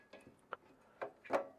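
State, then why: Not seated. The detachable control unit of an Icom IC-PW2 HF linear amplifier, a pre-production model, is being handled and pushed back toward its mounting on the front of the main body. Brief taps and knocks are heard around 0.1, 0.5, 1.0 and 1.3 s. Nothing has seated or clicked yet.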